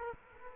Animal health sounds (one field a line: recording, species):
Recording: mosquito wingbeat signal from an infrared sensor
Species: Culex quinquefasciatus